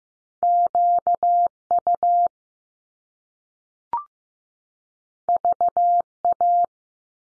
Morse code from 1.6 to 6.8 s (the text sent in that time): U V A